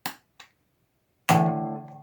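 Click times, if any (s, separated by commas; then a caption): 0.1 s, 0.4 s. A 1/4-inch guitar cable plug is pushed into the newly installed Pure Tone locking output jack on a Fender Precision bass, giving two sharp clicks at 0.1 s and 0.4 s as the plug seats. At 1.3 s a loud pitched note rings out and sustains to the end, showing the plug is seated and the jack works.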